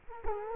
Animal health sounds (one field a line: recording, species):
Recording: mosquito wingbeat signal from an infrared sensor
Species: Culex quinquefasciatus